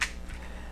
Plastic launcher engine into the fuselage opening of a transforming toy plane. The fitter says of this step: drop the nitro engine down until it snaps into place